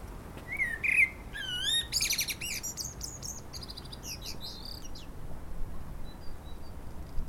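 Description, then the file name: Common blackbird song: clear fluty whistles sliding up and down, then a long stretch of thin, high twittering notes before it fades. "Turdus merula"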